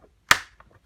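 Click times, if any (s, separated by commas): 0.3 s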